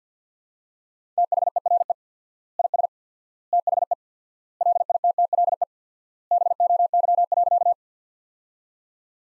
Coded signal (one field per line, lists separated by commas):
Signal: Morse code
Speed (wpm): 50 wpm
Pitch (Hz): 700 Hz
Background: none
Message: THERE IS THE LITTLE BOY.